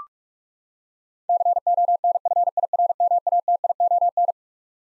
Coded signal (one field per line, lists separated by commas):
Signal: Morse code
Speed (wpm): 42 wpm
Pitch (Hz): 700 Hz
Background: none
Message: CONFIRMATION